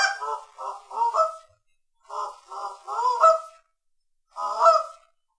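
Canada goose honking: harsh, nasal honks in three bursts, the first two of three notes each and the last a single honk, separated by short silences.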